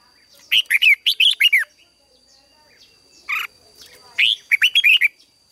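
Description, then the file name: Red-whiskered bulbul: a rapid series of rising and falling chirps, a lone note, then a second lively phrase. "Tieng chao mao hot"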